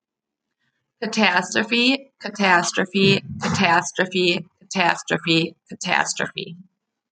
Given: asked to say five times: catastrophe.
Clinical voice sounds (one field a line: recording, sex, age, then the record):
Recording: repeated word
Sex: female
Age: 30 to 39 years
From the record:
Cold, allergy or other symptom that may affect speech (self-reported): no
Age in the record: 34 years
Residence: Wisconsin, United States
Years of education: 16